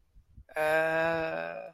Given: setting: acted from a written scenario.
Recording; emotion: vocal sound without words; embarrassment